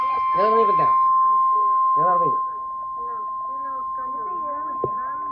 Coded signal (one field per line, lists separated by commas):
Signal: Emergency Alert System (SAME) tones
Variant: 1050 Hz attention tone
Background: speech